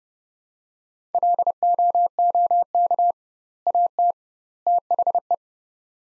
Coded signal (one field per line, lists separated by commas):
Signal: Morse code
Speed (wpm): 30 wpm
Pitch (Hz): 700 Hz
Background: none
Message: LOOK AT THE